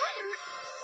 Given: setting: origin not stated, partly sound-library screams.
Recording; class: one-second piece from a danger detection set; woman in danger